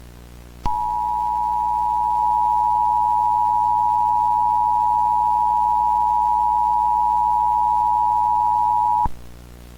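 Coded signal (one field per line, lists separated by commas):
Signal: Emergency Alert System (SAME) tones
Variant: 853 and 960 Hz attention tone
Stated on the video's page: Mock alert: simulated, not a real broadcast.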